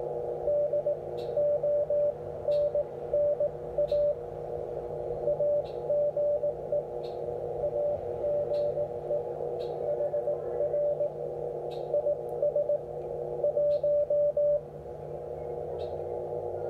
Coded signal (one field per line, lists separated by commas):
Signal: Morse code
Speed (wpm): 18 wpm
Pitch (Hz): 590 Hz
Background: radio noise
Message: DONNA AGE AGE HR IS 1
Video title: VA7HA on 17m May 13 2022